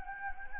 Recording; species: mosquito wingbeat signal from an infrared sensor; Anopheles gambiae